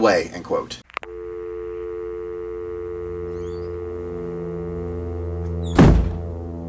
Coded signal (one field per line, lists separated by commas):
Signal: telephone call progress tone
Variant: North America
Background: speech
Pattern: dial tone